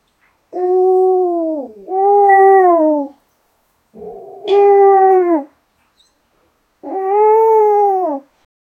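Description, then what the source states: Dog and cat cries: four drawn-out, tonal wailing calls, each a little over a second long and falling slightly at the end, the first two nearly back to back and the rest separated by short silences. Pets.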